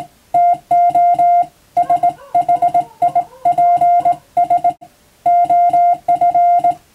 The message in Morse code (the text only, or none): TO SHIPS OF